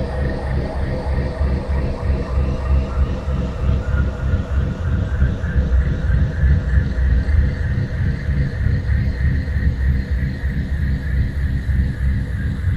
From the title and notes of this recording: It's a full-spectrum binaural, meaning everything in the right channel (not just the binaural tone) is shifted up to create the 3.2 Hz binaural beat. C#65.4Hz Full-Spectrum δ 3.2Hz.